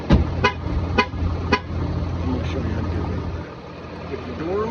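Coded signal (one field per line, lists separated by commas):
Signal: alarm pattern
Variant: RAM pickup horn chirp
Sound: a door thud, then three quick evenly spaced horn chirps over an idling engine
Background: idling engine, outdoors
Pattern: 3 short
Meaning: Warns that the door was closed while the truck is still running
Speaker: you get out of the truck and you shut the door and it does this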